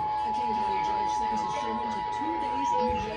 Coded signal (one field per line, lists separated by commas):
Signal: Emergency Alert System (SAME) tones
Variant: 853 and 960 Hz attention tone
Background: speech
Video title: Required Monthly Test - Island County DEM (3-8-2022)/San Juan EOC(3-10-2022)